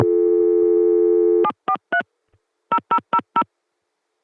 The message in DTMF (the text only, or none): 743 0000